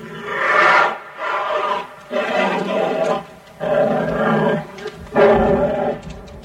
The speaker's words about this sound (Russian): А бурый медведь, вот он, стоит на задних лапах в клетке и ревет.